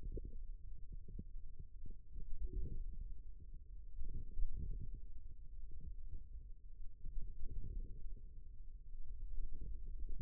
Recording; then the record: forearm muscle sounds (acoustic myography)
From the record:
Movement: radial deviation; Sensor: system 2, bracelet of six BSWA MPA416 microphones around the upper forearm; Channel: 3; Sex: male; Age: 22 years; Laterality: right